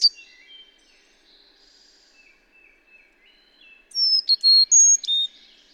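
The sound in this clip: Bird song: soft thin chirps and trills for four seconds, then a loud phrase of clear high whistled notes alternating between two pitches.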